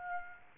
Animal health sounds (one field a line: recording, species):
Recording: mosquito wingbeat signal from an infrared sensor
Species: Aedes aegypti